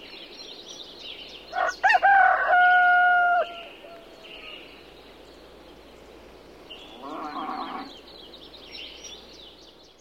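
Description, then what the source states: Rooster crowing: one strong, stretched cock-a-doodle-doo lasting about two seconds, with small birds chirping throughout and steady background hiss. Rooster crowing in the morning, with other birds chirping.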